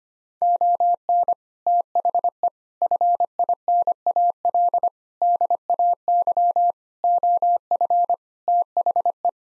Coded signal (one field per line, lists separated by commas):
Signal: Morse code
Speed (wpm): 25 wpm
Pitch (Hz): 700 Hz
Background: none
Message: ON THE FINAL DAY OF THE